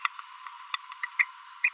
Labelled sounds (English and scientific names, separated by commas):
Green-rumped Parrotlet (Forpus passerinus) babbling